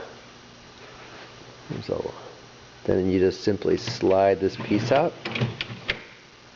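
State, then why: Released. A sharp, brief click at 5.9 s marks the sliding piece reaching its open stop.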